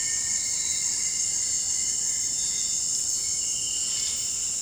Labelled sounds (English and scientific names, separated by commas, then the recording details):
none
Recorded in dense forest near Puerto Asís, Putumayo, Colombia, on 8 March 2025 at 18:00
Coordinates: 0.486, -76.317
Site G053